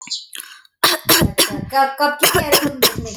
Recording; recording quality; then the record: shallow voluntary cough; moderate, slight background noise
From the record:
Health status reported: recovered from COVID-19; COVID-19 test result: negative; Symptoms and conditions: none ticked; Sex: female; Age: 21 years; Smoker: not ticked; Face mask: not worn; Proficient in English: yes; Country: India